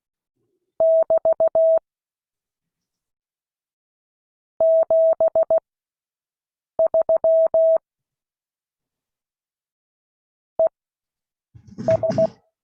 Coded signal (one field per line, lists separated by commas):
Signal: Morse code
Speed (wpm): 16 wpm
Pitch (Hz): 650 Hz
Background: none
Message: <BT> 73 ES